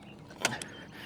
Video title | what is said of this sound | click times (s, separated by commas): Does this 50 Mph Hyper Scooter Live up to the Hype? Review of the GlideZone Junling JL86 Pro | It locks into place all on its own. The first latch, but then you're going to lock the big latch. | 0.4 s